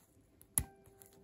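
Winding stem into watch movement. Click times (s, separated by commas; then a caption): 0.6 s. A winding stem is fed through the case channel into a watch movement and pushed until it locks, seating with one sharp, bright click at 0.6 s that rings briefly. Fainter small ticks come at about 0.4 s and 1.0 s, and the stem is confirmed home.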